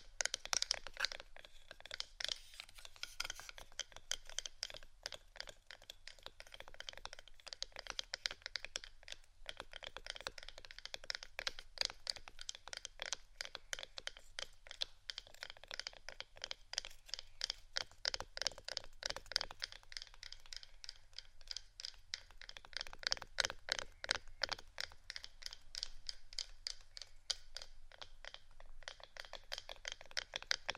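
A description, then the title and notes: Fingers tap and scratch on wooden objects, producing a dense, continuous run of quick, bright clicks and crackles for the whole half minute. The rhythm is fast and mostly even, with brief scratchy stretches and only occasional slight pauses. ASMR Tapping & Scratching Wooden Items（No Talking）.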